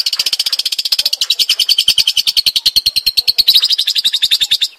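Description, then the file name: Long-tailed shrike giving a fast, harsh chattering call, a dense train of scratchy notes repeated without pause throughout. Call in the 'rapat' style. "suara cendet rapat omkicau"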